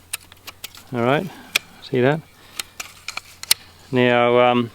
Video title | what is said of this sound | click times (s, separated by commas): RECOVERY AND DUNNY SHOVEL KIT - DRIFTA STOCKTON | so you can see there it comes down and it locks in place | 0.1 s